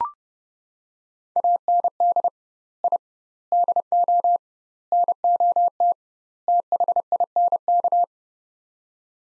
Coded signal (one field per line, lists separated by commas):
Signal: Morse code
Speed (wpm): 30 wpm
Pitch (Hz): 700 Hz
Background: none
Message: AND I DO NOT THINK